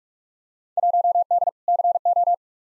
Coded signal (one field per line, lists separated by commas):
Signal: Morse code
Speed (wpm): 44 wpm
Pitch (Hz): 700 Hz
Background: none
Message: 1D CO